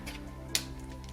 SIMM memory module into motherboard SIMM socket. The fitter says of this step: here that one snaps in it's secure so i